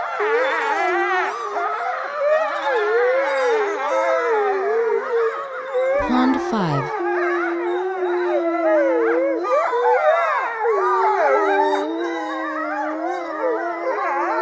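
Wolf pack chorus of many overlapping howls, wavering and sliding up and down, with a steady low howl and a short noise burst near the middle.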